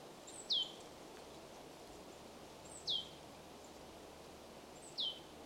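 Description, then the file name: Marsh tit calls: three thin, high notes sliding sharply downward, each led by a faint higher tick, spaced about two seconds apart over a steady background hiss. "Poecile palustris"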